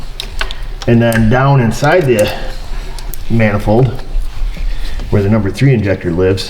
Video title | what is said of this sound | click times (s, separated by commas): Jeep Wrangler: Misfire & Rough Running / Failed Injector | we're gonna give that a little click back on there boom | 0.2 s, 0.4 s